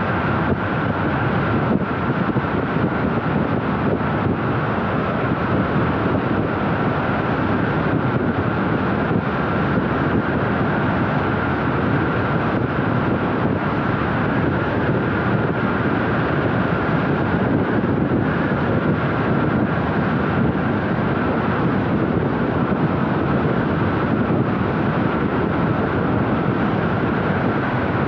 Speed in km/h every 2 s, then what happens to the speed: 111, 111, 113, 117, 107, 107, 108, 107, 105, 103, 101, 101, 101, 101.
0-6 speeds up to 117. 6-28 slows to 101.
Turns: none.